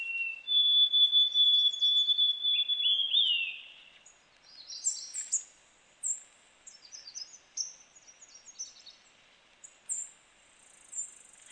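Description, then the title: Bird song: a long steady whistle, then a quick run of high chirps and twittering notes with short pauses between phrases. "LuckyPassaro Completos2Sama"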